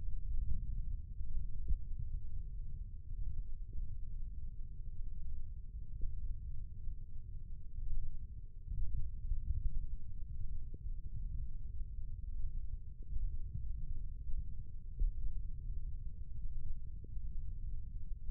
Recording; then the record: forearm muscle sounds (acoustic myography)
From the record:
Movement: wrist extension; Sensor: system 1, eight BSWA MPA416 microphones around the upper forearm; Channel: 2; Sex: male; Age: 20 years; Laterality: left